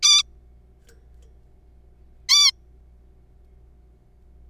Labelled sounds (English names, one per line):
Zebra Finch